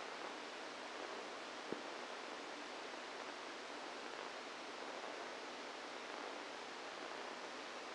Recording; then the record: brain microelectrode recording played as sound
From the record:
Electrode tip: outside the subthalamic nucleus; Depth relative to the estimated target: 3 mm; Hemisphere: right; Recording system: NeuroSet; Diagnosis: Parkinson's disease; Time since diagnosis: 7 years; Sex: female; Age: 68 years